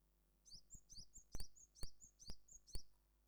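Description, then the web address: Japanese tit song: high, thin two-note phrases repeated about six times in quick succession, each pairing a short whistle with a lower slurred note, with low thumps. "Parus minor song"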